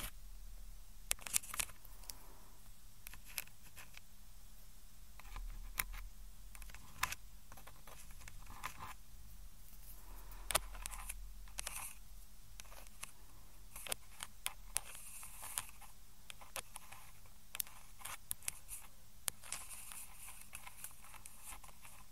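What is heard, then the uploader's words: Ear cleaning sounds: dry crackles and sharp little clicks come in irregular bursts throughout, sometimes clustering into brief rustling scrapes. A faint, steady low hum sits underneath the whole time. ASMR EXTREMELY TINGLY Ear Cleaning Sounds.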